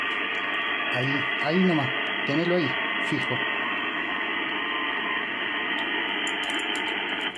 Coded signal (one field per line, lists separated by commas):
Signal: FT8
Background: speech